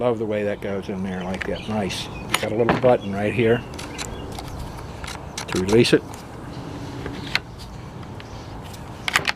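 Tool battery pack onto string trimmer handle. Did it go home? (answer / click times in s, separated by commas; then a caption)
yes / 9.2 s. Someone talks while a tool battery pack is shown on the handle of a Craftsman 20V Max "Quickwind" string trimmer, with a release button for removing it. After scattered plastic taps and clicks, the battery pack is pushed back onto the trimmer and snaps into place with a sharp click at 9.2 s.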